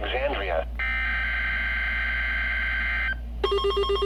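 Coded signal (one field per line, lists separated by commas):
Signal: Emergency Alert System (SAME) tones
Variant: header bursts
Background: speech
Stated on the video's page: Required weekly test from NOAA Weather Radio transmitter KEC65, received on radios bought at Goodwill.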